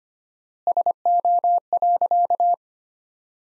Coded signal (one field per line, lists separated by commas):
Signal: Morse code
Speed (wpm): 25 wpm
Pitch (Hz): 700 Hz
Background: none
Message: SO.